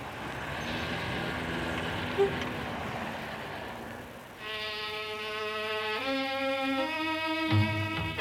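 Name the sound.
bus passing by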